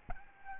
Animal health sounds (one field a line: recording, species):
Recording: mosquito wingbeat signal from an infrared sensor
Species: Aedes albopictus